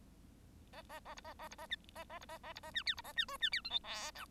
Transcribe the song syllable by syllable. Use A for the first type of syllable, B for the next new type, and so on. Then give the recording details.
A A A B A A B A A A B A A B A C D B A C E C D F G H I. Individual Bird1